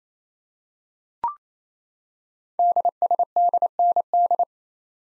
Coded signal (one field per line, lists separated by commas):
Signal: Morse code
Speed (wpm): 27 wpm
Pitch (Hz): 700 Hz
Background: none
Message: DSDND